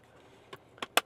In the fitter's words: Click it in till it push it, till it clicks, or push it in till it clicks.